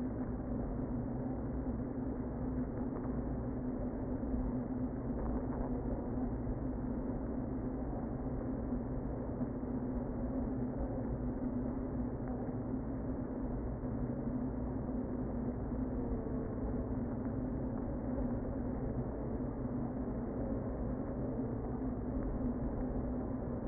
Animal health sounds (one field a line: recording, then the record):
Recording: honeybee colony, microphone inside the hive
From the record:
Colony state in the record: queen present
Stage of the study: before two queens were removed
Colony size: about 60,000 bees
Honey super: yes